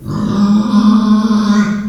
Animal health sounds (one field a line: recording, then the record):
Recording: squeal of a Yucatan mini pig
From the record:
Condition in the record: after surgery on the right vocal fold (resection and tissue-engineered implant)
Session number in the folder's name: 14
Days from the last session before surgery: 133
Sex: female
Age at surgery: 19 weeks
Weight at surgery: 25 kg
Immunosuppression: prednisolone